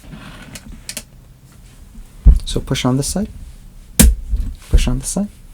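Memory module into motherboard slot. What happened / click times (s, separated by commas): The memory module is being pressed into its slot but has not latched yet / none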